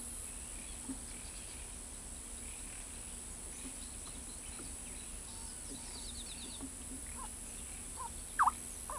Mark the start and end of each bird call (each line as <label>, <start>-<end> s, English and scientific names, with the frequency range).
Scrub Greenlet (Hylophilus flavipes) (3.3-4.7 kHz), 5.90-6.58 s
Stripe-backed Wren (Campylorhynchus nuchalis) (0.6-2.5 kHz), 7.16-8.98 s